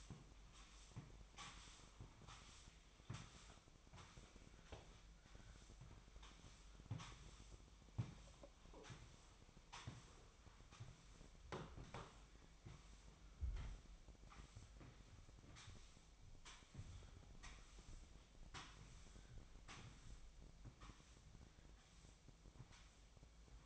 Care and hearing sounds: daily activity, microphone in the room; sweep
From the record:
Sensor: 1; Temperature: 24.7 degrees Celsius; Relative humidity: 39.7%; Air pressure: 1001.6 hPa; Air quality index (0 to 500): 220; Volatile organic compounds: 29 ppm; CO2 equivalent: 2933 ppm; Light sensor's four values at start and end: 8/29/10/12 and 8/30/10/12

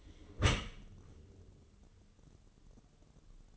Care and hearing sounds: daily activity, microphone in the room; close dishwasher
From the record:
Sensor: 4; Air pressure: 1015.8 hPa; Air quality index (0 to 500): 89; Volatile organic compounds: 2 ppm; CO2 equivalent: 990 ppm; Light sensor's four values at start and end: 9/19/8/7 and 9/19/7/7

